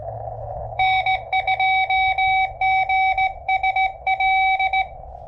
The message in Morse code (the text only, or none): N2GSL